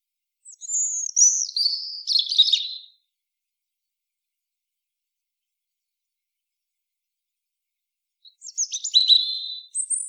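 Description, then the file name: European robin song: a high, wavering whistled phrase drops into a jumbled trill. After a long silence comes a second tinkling phrase that ends on a thin high note. "Erithacus rubecula"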